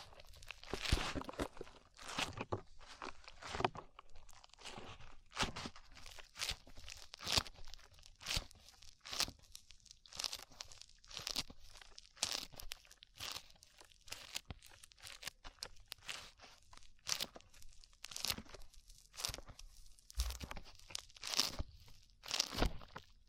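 Sticky slime being squeezed and pulled apart, making a run of wet crunching, crackling pops and short tearing snaps. The bursts come quickly and irregularly throughout, each bright and crisp, with brief quiet gaps between them and a faint low rumble underneath.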